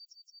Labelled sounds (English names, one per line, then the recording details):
Yellowhammer song
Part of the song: start
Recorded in the Czech Republic on 9 May 2013
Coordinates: 49.430, 17.655
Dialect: BhBl
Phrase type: E3
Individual 289899